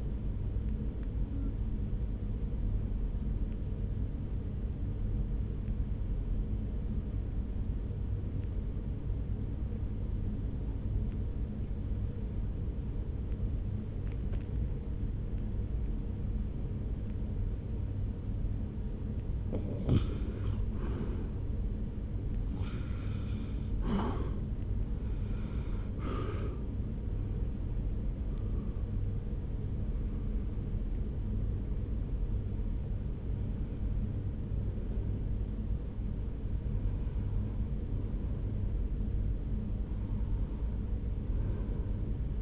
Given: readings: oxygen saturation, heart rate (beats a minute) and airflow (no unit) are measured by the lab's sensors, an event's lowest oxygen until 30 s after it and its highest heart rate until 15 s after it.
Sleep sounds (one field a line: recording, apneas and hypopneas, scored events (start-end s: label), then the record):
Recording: breathing in sleep by a smartphone at the bedside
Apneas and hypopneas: 1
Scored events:
4.00-21.00 s: obstructive apnea (REM, oxygen 94% highest, then 81% lowest)
From the record:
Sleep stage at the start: REM sleep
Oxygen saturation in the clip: 81 to 94%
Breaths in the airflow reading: 10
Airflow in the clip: -1.6 to 4.3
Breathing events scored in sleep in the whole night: 335 in 6.7 hours asleep